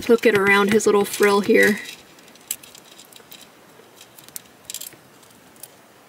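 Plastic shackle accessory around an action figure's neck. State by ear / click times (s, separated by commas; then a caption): not seated / none. A plastic shackle accessory is wrapped around an action figure's neck frill and pushed to close it. Someone talks at first, then soft plastic taps and handling sounds follow around 2.5, 4.4 and 4.7 seconds. Nothing seats or clicks into place.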